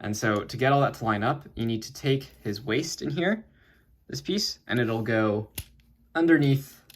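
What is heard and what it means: Someone talks while handling the waist piece of a plastic Studio Series Rise of the Beasts Mirage SS-105 action figure during transformation, tucking it underneath the torso so a tab lines up. Short pauses with faint handling noise fall between the speech. The clip ends before the piece is pushed home, so nothing has seated or snapped in yet.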